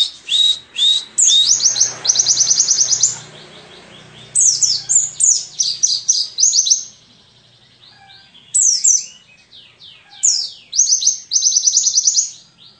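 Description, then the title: White-eye song: repeated phrases of fast, high chirps that end in rapid trills, separated by short pauses. Forest-type white-eye ('ngalas'), isian filler song used for masteran, tutoring captive songbirds. "mster Mnuk. Pleci ngalas isian untuk masteran"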